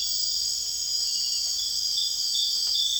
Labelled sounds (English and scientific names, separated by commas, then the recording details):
none
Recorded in secondary vegetation near Puerto Asís, Putumayo, Colombia, on 30 June 2025 at 22:30
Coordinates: 0.485, -76.322
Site GP06